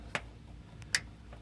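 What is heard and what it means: A plastic hose clamp is pressed down onto the vent valve solenoid hose and its mounting on a 2006 GMC 5.3 1500, holding the hose routed toward the truck bed. A sharp tick sounds at 0.15 s, then a faint tick and the loudest, crisp click at 1.0 s as the clamp clicks shut. The clamp is seated.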